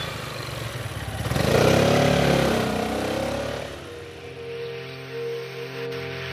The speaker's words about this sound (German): Und dann zieht auch der Stadtarchivar davon mit seiner 400er Piaggio. Auf 3 Rädern, 2 vorn, 1 hinten. Ideal, um in einer alten Stadt mit engen Gassen und verstopften Straßen schnell voranzukommen.